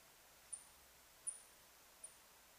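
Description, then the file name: Birdlike noctule giving three brief, high, sweeping chirps spaced roughly three-quarters of a second apart, with faint hiss behind. On 21 July 2009. "yamakoumori-20090721"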